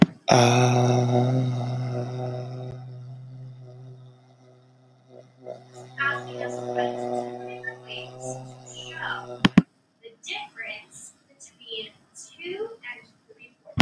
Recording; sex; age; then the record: vowel held as long as possible; male; 20 to 29 years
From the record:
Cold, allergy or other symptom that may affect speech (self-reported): no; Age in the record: 27 years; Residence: Connecticut, United States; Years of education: 18